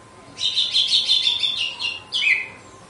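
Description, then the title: Red-cowled cardinal song: a fast chattering trill of bright high notes for about two seconds, followed by one short clear whistled note. Female; song described as pure, strong, clean and measured 'açoite'. "Canto Galo Campina Fêmea 02. GALO DE CAMPINA, AÇOITE PURO, FORTE, LIMPO E COMPASSADO"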